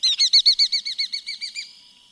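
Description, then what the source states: Bat Falcon calling a rapid series of about a dozen high, sharp kee notes, loudest near the start, then fading and trailing off. Diminutive dark falcon swooping in and alighting on a bare branch at the edge of an escarpment in northwestern Belize, in the morning.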